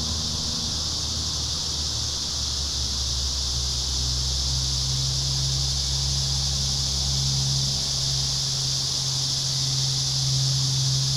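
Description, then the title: Cicadas droning in a continuous high buzz, over a steady low hum. Cicadas singing in a park. "neoscenes: cicadas in the park"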